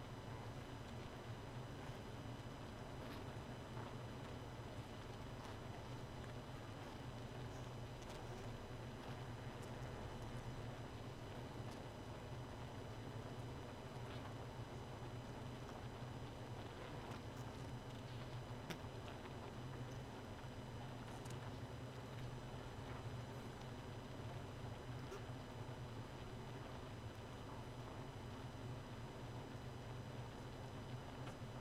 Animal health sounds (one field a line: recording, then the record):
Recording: honeybee colony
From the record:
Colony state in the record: missing queen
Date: 31 May 2018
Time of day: 2:26